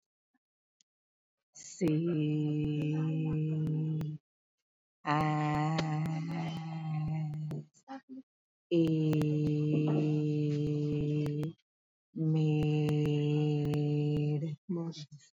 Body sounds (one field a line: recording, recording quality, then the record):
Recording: sustained vowel as in made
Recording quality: moderate, slight background noise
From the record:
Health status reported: healthy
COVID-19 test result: negative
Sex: female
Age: 53 years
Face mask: worn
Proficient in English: yes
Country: India